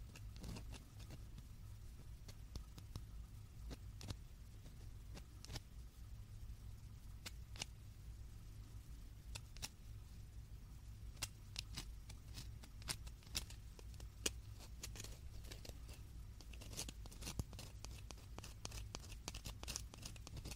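Dried marshmallows are touched and tapped, giving crisp, bright little clicks that come irregularly throughout, sometimes in quick clusters and sometimes spaced out. A steady low rumble, like traffic or a running motor, sits underneath the whole time.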